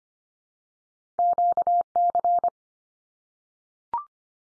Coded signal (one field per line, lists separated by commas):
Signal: Morse code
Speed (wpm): 25 wpm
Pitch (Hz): 700 Hz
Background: none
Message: QC